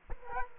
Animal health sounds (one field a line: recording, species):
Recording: mosquito wingbeat signal from an infrared sensor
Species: Culex quinquefasciatus